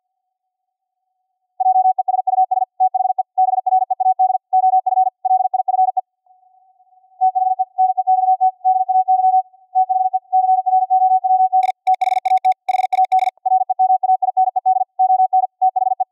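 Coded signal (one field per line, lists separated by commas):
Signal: Morse code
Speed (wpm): 50 wpm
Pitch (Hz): 750 Hz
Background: radio noise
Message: JESUS THE BREAD OF LIFE THE NEXT DAY THE CROWD THAT HAD REMAINED ON THE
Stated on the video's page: 50 wpm QRQ CW from a VLF transmitter received on a VLF receiver, with a 50 Hz filter, gate and bandpass filter against ringing.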